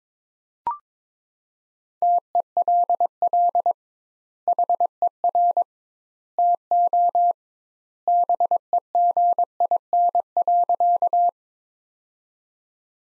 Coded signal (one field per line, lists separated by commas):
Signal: Morse code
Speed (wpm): 22 wpm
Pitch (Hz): 700 Hz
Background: none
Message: TELL HER TO BEGIN.